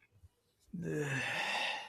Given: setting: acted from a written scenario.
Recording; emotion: vocal sound without words; contempt